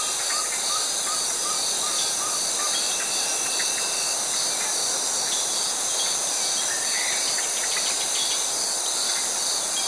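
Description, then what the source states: Insect song from cicadas forms an unbroken high whine, with a few repeated bird notes and a brief whistled tone in the middle. Tropical forest.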